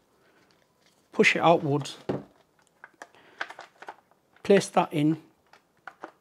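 Someone talks while a plastic component of a Greenote GSC50 cordless vacuum cleaner is placed into the main body and pushed home, with light handling taps between about 2.8 and 3.9 seconds. A sharp click at 5.9 s marks the part seating into place.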